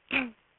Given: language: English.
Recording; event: throat vibration sensor signal played as sound; throat clearing